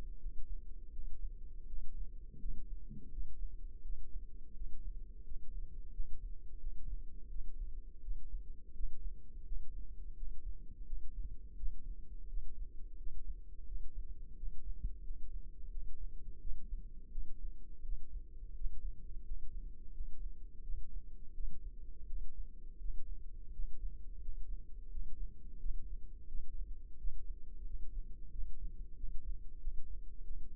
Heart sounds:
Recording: heart sounds by microphone in the left ear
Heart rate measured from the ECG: 86 bpm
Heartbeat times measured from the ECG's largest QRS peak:
0.16 s: heartbeat
0.89 s: heartbeat
1.63 s: heartbeat
2.36 s: heartbeat
3.08 s: heartbeat
3.80 s: heartbeat
4.51 s: heartbeat
5.21 s: heartbeat
5.89 s: heartbeat
6.56 s: heartbeat
7.26 s: heartbeat
7.98 s: heartbeat
8.71 s: heartbeat
9.42 s: heartbeat
10.12 s: heartbeat
10.83 s: heartbeat
11.54 s: heartbeat
12.25 s: heartbeat
12.94 s: heartbeat
13.62 s: heartbeat
14.33 s: heartbeat
15.00 s: heartbeat
15.67 s: heartbeat
16.37 s: heartbeat
17.08 s: heartbeat
17.80 s: heartbeat
18.52 s: heartbeat
19.21 s: heartbeat
19.90 s: heartbeat
20.60 s: heartbeat
21.31 s: heartbeat
22.04 s: heartbeat
22.76 s: heartbeat
23.49 s: heartbeat
24.18 s: heartbeat
24.87 s: heartbeat
25.56 s: heartbeat
26.25 s: heartbeat
26.95 s: heartbeat
27.62 s: heartbeat
28.28 s: heartbeat
28.93 s: heartbeat
29.57 s: heartbeat
30.21 s: heartbeat
From the record:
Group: healthy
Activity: rest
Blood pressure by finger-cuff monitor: 104/60 mmHg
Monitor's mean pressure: 73 mmHg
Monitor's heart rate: 85 bpm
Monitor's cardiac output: 7 L/min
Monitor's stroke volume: 82 mL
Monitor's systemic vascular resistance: 750 dyn s/cm5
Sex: female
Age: 26 years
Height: 165 cm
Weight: 55 kg

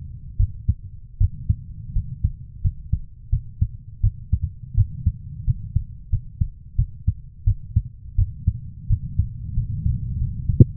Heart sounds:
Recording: heart sounds by stethoscope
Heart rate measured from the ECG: 86 bpm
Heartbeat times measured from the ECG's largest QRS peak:
0.37 s: heartbeat
1.18 s: heartbeat
1.93 s: heartbeat
2.62 s: heartbeat
3.30 s: heartbeat
4.01 s: heartbeat
4.75 s: heartbeat
5.45 s: heartbeat
6.10 s: heartbeat
6.76 s: heartbeat
7.44 s: heartbeat
8.16 s: heartbeat
8.87 s: heartbeat
9.54 s: heartbeat
10.18 s: heartbeat
From the record:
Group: healthy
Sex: female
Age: 24 years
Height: 163 cm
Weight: 55.7 kg

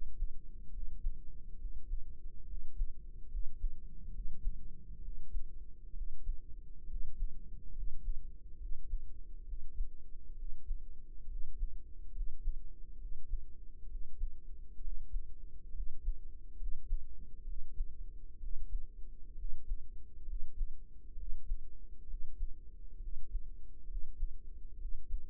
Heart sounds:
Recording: heart sounds by microphone in the right ear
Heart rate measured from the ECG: 67 bpm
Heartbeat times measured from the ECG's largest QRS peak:
0.68 s: heartbeat
1.55 s: heartbeat
2.43 s: heartbeat
3.26 s: heartbeat
4.09 s: heartbeat
4.98 s: heartbeat
5.91 s: heartbeat
6.84 s: heartbeat
7.70 s: heartbeat
8.55 s: heartbeat
9.42 s: heartbeat
10.33 s: heartbeat
11.25 s: heartbeat
12.10 s: heartbeat
12.95 s: heartbeat
13.85 s: heartbeat
14.78 s: heartbeat
15.70 s: heartbeat
16.54 s: heartbeat
17.42 s: heartbeat
18.36 s: heartbeat
19.33 s: heartbeat
20.23 s: heartbeat
21.13 s: heartbeat
22.04 s: heartbeat
22.97 s: heartbeat
23.84 s: heartbeat
24.75 s: heartbeat
From the record:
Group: healthy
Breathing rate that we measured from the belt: 15 breaths a minute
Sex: male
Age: 20 years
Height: 167 cm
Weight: 61 kg

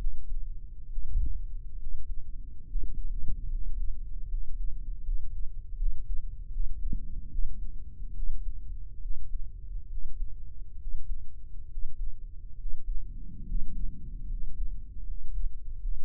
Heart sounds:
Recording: heart sounds by microphone in the right ear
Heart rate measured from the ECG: 72 bpm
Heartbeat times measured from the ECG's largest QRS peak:
0.87 s: heartbeat
1.76 s: heartbeat
2.64 s: heartbeat
3.47 s: heartbeat
4.26 s: heartbeat
5.01 s: heartbeat
5.75 s: heartbeat
6.49 s: heartbeat
7.28 s: heartbeat
8.12 s: heartbeat
8.99 s: heartbeat
9.86 s: heartbeat
10.76 s: heartbeat
11.66 s: heartbeat
12.55 s: heartbeat
13.44 s: heartbeat
14.26 s: heartbeat
15.03 s: heartbeat
15.78 s: heartbeat
From the record:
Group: healthy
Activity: cold pressor test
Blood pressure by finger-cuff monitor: 130/79 mmHg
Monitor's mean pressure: 94 mmHg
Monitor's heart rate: 68 bpm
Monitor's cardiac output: 7.7 L/min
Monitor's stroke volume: 111 mL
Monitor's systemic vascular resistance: 900 dyn s/cm5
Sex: male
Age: 23 years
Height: 178 cm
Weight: 96.6 kg

